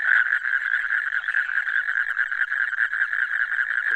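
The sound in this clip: Frog calling in a dense, continuous raspy trill that holds steady throughout, with slight rises and dips in loudness.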